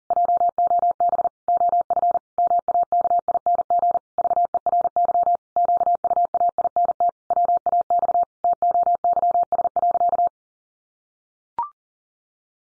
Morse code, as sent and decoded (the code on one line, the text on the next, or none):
.--- --- -... / --- ..-. / -- .- -.- .. -. --. / ...- . .-. -.-- / --.- ..- .- .. -. - / .-- .- -..- / - --- -.-- ... .-.-.-
JOB OF MAKING VERY QUAINT WAX TOYS.